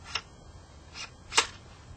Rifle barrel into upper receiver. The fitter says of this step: you've got a groove at the barrel slides down into locks into place once that locks into place you're gonna put the